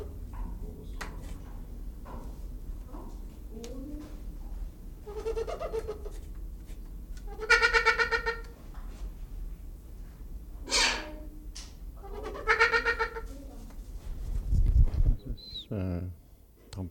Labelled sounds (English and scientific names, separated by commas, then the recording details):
Trumpeter Hornbill (Bycanistes bucinator) call
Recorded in captivity
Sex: pair
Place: Zoo Berlin, Berlin, DE
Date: 1996-02-24 12:19
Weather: heiter, -6°C
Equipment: Sony WM-D6C, Sennheiser ME 80, Kopie Uher 4000 Report Monitor
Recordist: Tembrock, Günter
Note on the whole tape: Männchen Lautfolgen (z.T. beim Putzen) vor der Höhle, Weibchen in der Höhle